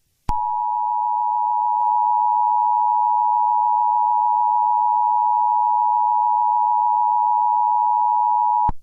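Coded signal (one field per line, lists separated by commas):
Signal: Emergency Alert System (SAME) tones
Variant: 853 and 960 Hz attention tone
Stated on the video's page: Fictional EAS scenario containing valid tones, with sirens.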